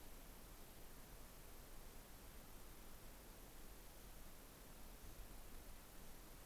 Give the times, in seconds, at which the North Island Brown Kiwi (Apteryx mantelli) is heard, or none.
none